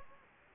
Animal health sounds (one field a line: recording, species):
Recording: mosquito wingbeat signal from an infrared sensor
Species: Anopheles gambiae